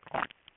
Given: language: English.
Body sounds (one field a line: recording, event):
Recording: throat vibration sensor signal played as sound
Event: swallow